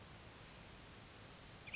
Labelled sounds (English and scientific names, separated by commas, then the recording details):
California Towhee (Melozone crissalis)
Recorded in Sonoma County, California